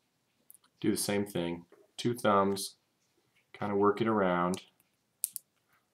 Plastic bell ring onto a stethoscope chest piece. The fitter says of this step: and that one just snapped right into place and now you have a bell and the purpose of this one it grips a little better